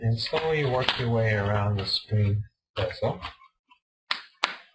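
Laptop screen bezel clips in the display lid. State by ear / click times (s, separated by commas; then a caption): released / 4.1 s, 4.4 s. The plastic screen bezel on the display lid of an HP G60 16" CCFL notebook is pried up with the fingertips, working around the edge while someone talks. Two sharp snaps at 4.1 s and 4.4 s are its retaining clips popping free, a good sign that the bezel is coming off.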